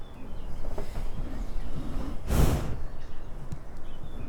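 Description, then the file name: Donkey breathing: one strong, noisy exhalation like a snort, lasting about half a second, over a steady low rumble. "ane qui respire"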